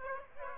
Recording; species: mosquito wingbeat signal from an infrared sensor; Aedes aegypti